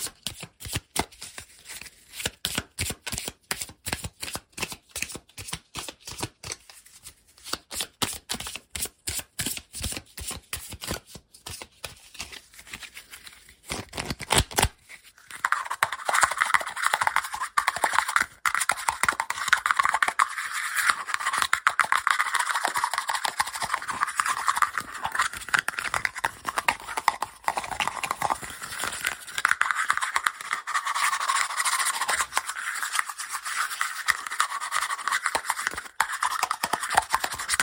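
Fast tapping and scratching, starting as crisp, rapid clicks in quick bursts for the first fifteen seconds. Then it turns into a denser, continuous rough scratching with a gritty midrange hiss, staying busy and aggressive to the end with brief small dips.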